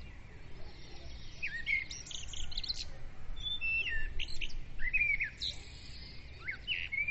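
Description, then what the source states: Birds singing in dense overlapping phrases, high chirps, whistled slurs and brief trills, fairly continuous over a faint background rumble. Several birds singing at dawn; recorded with a Zoom recorder.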